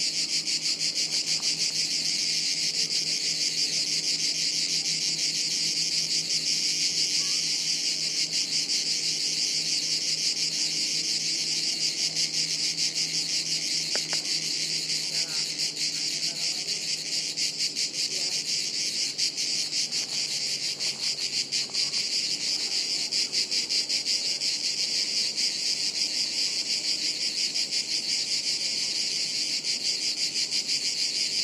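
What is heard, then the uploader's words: Cicadas sing in a dense, unbroken chorus, a bright steady buzz throughout, with faint low rumbling and a few soft ticks beneath. Cicadas high in the trees. A chorus of cicadas on a hot afternoon high up in the trees above us in the woods near Sirolo, Italy.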